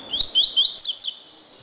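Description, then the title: Double-collared seedeater song: a quick, bright phrase of high, looping slurred notes that rises, then trails off into a thin, steady note. "Canto Coleiro"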